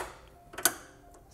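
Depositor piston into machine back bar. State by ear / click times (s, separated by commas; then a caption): seated / 0.6 s. The plastic piston of a chocolate depositor is pulled back and snaps into place on the machine's back bar, seating at 0.7 s. A couple of small ticks at about 0.5 and 0.6 s lead into one sharp, bright click that stands well above the quiet background and fades quickly.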